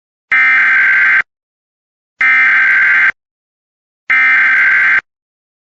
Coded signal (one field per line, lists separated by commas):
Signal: Emergency Alert System (SAME) tones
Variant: header bursts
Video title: EAS Compilation | 4/2/2026 Texas Statewide Tornado Drill Alerts